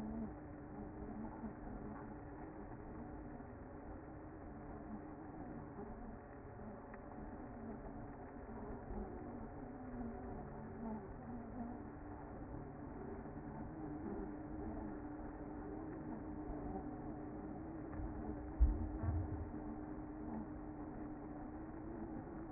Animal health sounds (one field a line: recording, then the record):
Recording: honeybee colony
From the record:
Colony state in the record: active